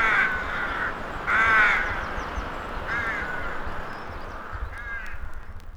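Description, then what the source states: Crow caws, loud raspy calls at first, then fainter ones, over a low steady hiss. Crows in a graveyard atmosphere with a horror mood.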